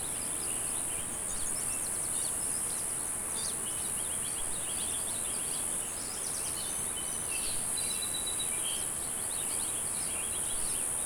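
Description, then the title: Cicada: a continuous high-pitched buzz of cicadas holds steady, with short bursts of bird chirps and thin whistles scattered across it. "neoscenes: cicadas"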